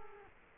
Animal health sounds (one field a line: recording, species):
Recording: mosquito wingbeat signal from an infrared sensor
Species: Culex quinquefasciatus